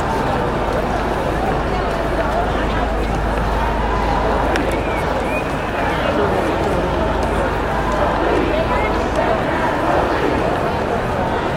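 A peaceful protest in New York City: a dense, steady wash of many overlapping voices talking at once, with a constant low rumble underneath. The level barely changes across the twelve seconds, broken only by a few brief sharp sounds near the middle.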